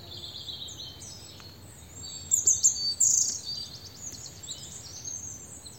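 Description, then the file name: European robin song: high, thin, varied phrases with sharp, glittering notes, loudest in the middle. "Erithacus rubecula"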